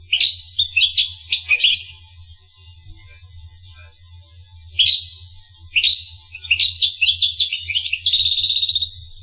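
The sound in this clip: Finch calls and song: scattered sharp high chirps in short clusters, ending in a quick twittering phrase and a thin drawn-out whistle.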